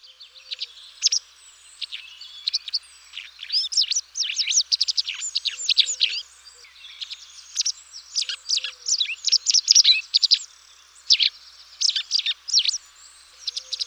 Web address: birdify. motacilla alba